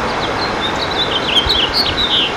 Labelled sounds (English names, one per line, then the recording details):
House Finch song
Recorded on Long Island, New York, on 28 June 2012
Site SB
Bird A